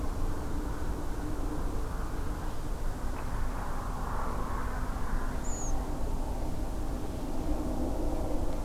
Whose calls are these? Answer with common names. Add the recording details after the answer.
Redwing. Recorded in France